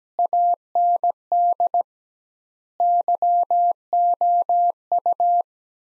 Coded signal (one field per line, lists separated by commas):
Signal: Morse code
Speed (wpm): 17 wpm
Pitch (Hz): 700 Hz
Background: none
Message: AND YOU